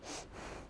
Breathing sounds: one breath in and out by a microphone near the nose and mouth; strong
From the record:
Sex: female

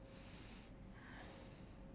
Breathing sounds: one breath in and out by a microphone near the nose and mouth; deep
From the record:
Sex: male

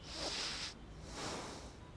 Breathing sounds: one breath in and out by a microphone near the nose and mouth; deep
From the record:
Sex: male

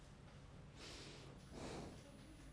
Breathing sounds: one breath in and out by a microphone near the nose and mouth; normal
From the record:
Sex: male

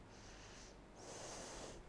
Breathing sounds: one breath in and out by a microphone near the nose and mouth; deep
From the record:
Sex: female

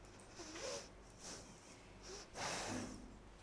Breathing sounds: one breath in and out by a microphone near the nose and mouth; deep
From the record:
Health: marked as sick, illness not named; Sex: female

